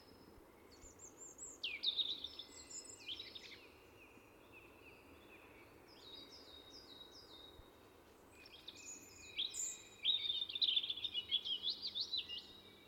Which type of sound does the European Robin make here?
song